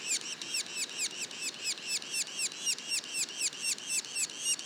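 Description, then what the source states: Yellow-bellied sapsucker young producing a quick, even series of high, downcurved, harmonic notes, about four per second. Juveniles, Mont-Orford National Park, Quebec.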